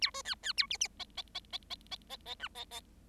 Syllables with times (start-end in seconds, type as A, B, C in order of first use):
0.01-0.11 A, 0.14-0.22 B, 0.25-0.35 C, 0.43-0.53 C, 0.57-0.67 A, 0.70-0.77 D, 0.80-0.88 D, 0.99-1.04 E, 1.17-1.22 E, 1.34-1.40 E, 1.52-1.58 E, 1.70-1.75 E, 1.91-1.96 E, 2.09-2.17 E, 2.25-2.35 E, 2.39-2.48 F, 2.54-2.64 E, 2.71-2.80 E